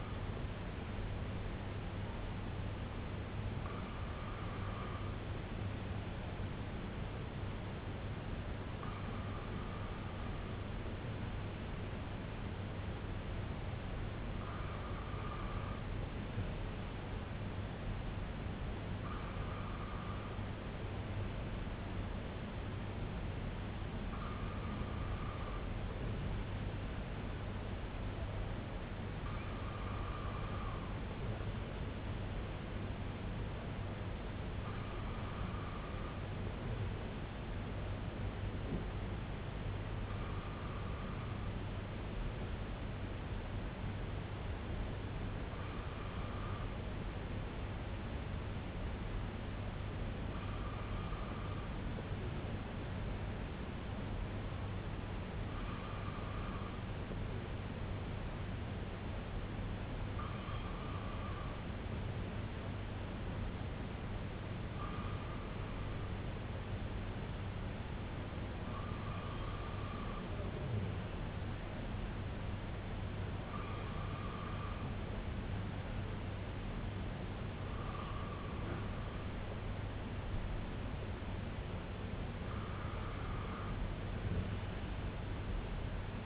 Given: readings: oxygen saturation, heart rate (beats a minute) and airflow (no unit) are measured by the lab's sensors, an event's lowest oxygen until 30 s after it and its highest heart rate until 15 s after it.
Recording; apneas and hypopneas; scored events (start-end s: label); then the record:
breathing in sleep by a voice recorder at the bedside; none
10.00-86.26 s: new sleep stage, N2 (light sleep)
From the record:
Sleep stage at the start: N1 (lightest sleep); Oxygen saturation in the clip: 94 to 96%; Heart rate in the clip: 60 to 70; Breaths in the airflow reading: 17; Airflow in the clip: -6.0 to 2.8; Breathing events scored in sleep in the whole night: 258 in 7.4 hours asleep